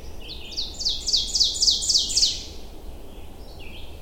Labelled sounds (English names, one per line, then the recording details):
Ovenbird song
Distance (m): 10 m
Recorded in boreal forest in Alberta, Canada, on 22 June 2016 at 07:55
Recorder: SongMeter 3, array SBT-6-76
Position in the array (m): 156 m, 117 m
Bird 3